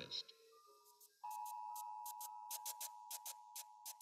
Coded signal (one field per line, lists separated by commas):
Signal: Emergency Alert System (SAME) tones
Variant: 853 and 960 Hz attention tone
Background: speech, music